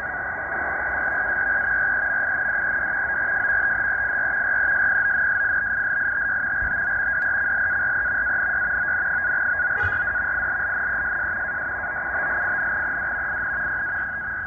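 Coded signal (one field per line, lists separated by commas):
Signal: NAVTEX (SITOR-B)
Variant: 100 baud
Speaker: it is decoding this uh he called with nunavut marine weather navtex broadcast quite well right now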